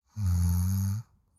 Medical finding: Human snore.